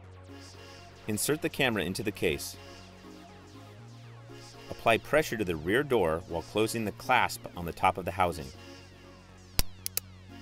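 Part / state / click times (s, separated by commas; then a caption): top clasp of a waterproof housing closing around an action camera / seated / 9.6 s. The top clasp of a plastic waterproof housing around a GoPro HD Hero2 action camera is swung down and latched while the rear door is pressed closed. Someone talks over background music, and a sharp snap at 9.6 s is followed by two smaller clicks. The snap means the housing is fully closed and sealed.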